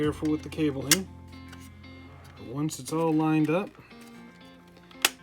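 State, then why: Seated. Someone talks over background music while the rear plastic casing is lined up over the device body and pressed down. A single sharp snap at 5.1 s confirms the casing has seated in place.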